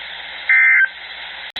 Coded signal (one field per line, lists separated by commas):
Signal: Emergency Alert System (SAME) tones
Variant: end-of-message bursts